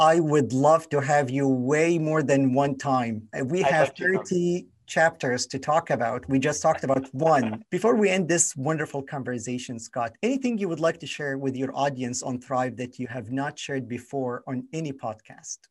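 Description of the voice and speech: One adult man speaks fluently at a relaxed conversational pace, voice clear and steady, in a quiet small room. Pitch moves naturally, with short pauses between phrases. No repetitions, blocks, slurring or voice strain are heard; ordinary speech.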